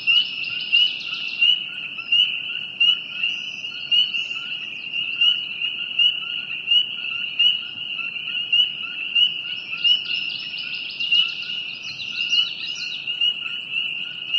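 Frog chorus, steady and high, with bursts of higher chirping near the start and again toward the end.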